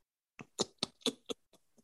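Six rapid, noisy nasal snorts in under two seconds from an adult woman imitating the pig-like snorting she makes with severe hay fever.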